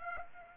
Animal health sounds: mosquito wingbeat signal from an infrared sensor; Aedes aegypti

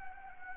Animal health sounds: mosquito wingbeat signal from an infrared sensor; Anopheles gambiae

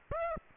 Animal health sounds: mosquito wingbeat signal from an infrared sensor; Aedes aegypti

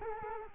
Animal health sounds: mosquito wingbeat signal from an infrared sensor; Culex quinquefasciatus

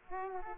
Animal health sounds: mosquito wingbeat signal from an infrared sensor; Aedes aegypti

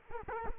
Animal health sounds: mosquito wingbeat signal from an infrared sensor; Culex quinquefasciatus

